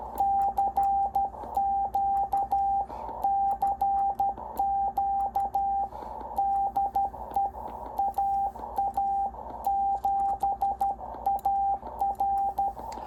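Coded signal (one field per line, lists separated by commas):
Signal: Morse code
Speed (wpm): 13 wpm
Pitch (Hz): 790 Hz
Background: radio noise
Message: CQCQ DE AA7AR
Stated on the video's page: CW from a NorCal 40B transceiver on the 40 meter band, run on the bench.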